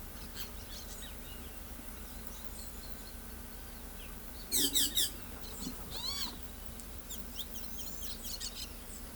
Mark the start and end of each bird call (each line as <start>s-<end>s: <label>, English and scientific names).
4.48s-5.12s: Carib Grackle (Quiscalus lugubris)
5.39s-5.71s: Orange-chinned Parakeet (Brotogeris jugularis)
5.93s-6.32s: Great Kiskadee (Pitangus sulphuratus)
7.06s-8.37s: Carib Grackle (Quiscalus lugubris)
8.25s-8.68s: Orange-chinned Parakeet (Brotogeris jugularis)